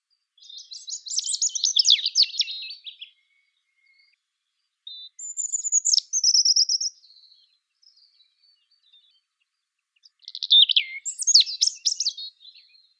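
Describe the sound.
European robin song: three separate warbling phrases of high, thin, rapidly varied notes and trills, each lasting two to three seconds with pauses between.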